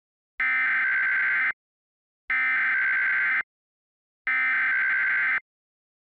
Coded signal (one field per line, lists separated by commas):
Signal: Emergency Alert System (SAME) tones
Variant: header bursts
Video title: Tornado warning EAS 1 - arapwhore County, cryaondo